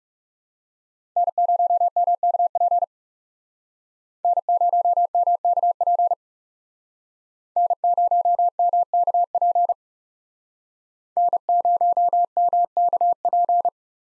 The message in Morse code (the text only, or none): N0MKP N0MKP N0MKP N0MKP